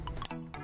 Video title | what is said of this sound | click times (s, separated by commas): 15-18 WRX Boomba BPV install | so I'll start with this one like you'll hear it click so it goes in boom | 0.2 s